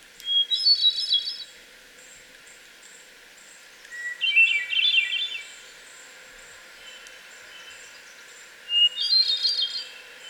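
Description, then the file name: Hermit thrush song: three separate flute-like phrases, each opening on a pure held whistle and breaking into rapid ringing notes, the middle phrase lower than the others. Twelve songs. "Hermit Thrush 12 songs"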